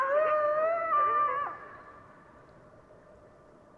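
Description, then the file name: Coyote howls, wavering tones that drop in loudness after about a second and a half, then carry on faintly to the end. Coyotes, recorded 15 March 2015. "YELLCoyotes 150315"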